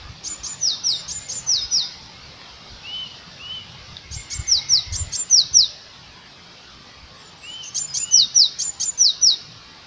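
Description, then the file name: Eurasian blue tit song: high, thin notes sliding downward in rapid pairs, delivered in three separate phrases spaced roughly four seconds apart, with a few softer lower notes between. "Cyanistes caeruleus"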